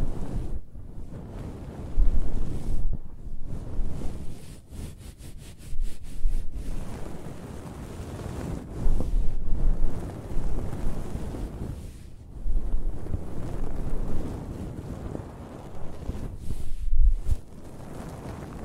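Close-up hair sounds: rough, muffled scratching and stroking with a heavy low rumble, rising and falling in uneven swells. Around five to six and a half seconds a quick, regular run of brushing strokes flickers past, and louder rubbing surges return near nine, twelve and seventeen seconds.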